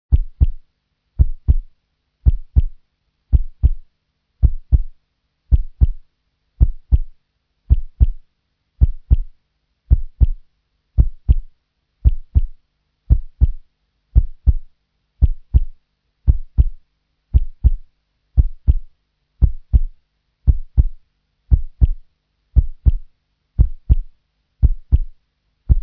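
A regular heartbeat, steady at about 55 beats per minute, each beat a paired low-pitched lub-dub.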